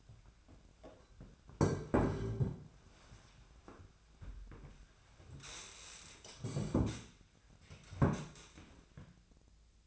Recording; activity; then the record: daily activity, microphone in the room; sit down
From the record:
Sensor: 2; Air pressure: 1008.0 hPa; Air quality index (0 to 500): 181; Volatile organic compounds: 10 ppm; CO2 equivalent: 2224 ppm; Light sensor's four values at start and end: 11/26/11/11 and 11/27/11/12